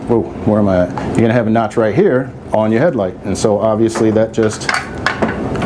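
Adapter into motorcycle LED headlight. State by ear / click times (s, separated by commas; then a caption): seated / 5.1 s. Someone talks while an LED headlight adapter from an engineered adapters kit is lined up with the notch on a Kawasaki Vulcan Voyager motorcycle LED headlight and pushed in. A sharp click is heard at 5.1 s as the adapter solidly locks into place in the notch.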